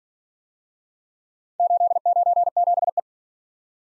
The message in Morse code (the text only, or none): 897E